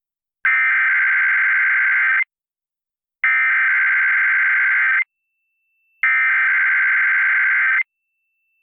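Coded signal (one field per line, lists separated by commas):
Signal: Emergency Alert System (SAME) tones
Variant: header bursts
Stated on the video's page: Required Monthly Tests tied to Great Shakeout drill: NOAA Weather Radio via Reecom R-1630, FM radio via stereo, and TV via USB tuner and HD antenna.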